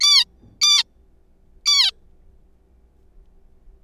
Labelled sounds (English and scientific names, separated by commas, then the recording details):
Zebra Finch (Taeniopygia guttata)
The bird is a juvenile
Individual R3428